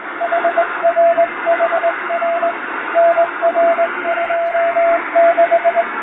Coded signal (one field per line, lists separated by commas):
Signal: Morse code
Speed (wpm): 22 wpm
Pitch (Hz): 680 Hz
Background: radio noise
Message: HRHR NR26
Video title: モールス符号を利用した短波通信を再現！ラジオで聴こえたモールス無線電報！気持ち良い音色です。ノイズとフェージングを加えています。アマチュア無線の受信練習にどうぞ morse code practice